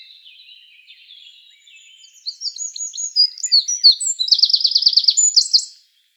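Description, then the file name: Eurasian wren song, faint scratchy notes first, then a loud burst of high tinkling notes building into a rapid, even trill and a final short trill. "Troglodytes troglodytes"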